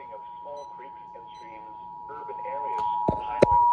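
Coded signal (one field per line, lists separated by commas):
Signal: Emergency Alert System (SAME) tones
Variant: 853 and 960 Hz attention tone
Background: speech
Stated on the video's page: Real captures: a Required Weekly Test of the warning alarm followed by a Flash Flood Warning.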